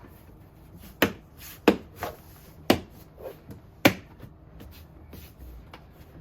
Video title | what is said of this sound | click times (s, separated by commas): Light Harmonic Speakers for Tesla Model Y. | All you gotta do is give a nice firm push and you'll hear them click. | 1.0 s, 1.7 s, 2.7 s, 3.9 s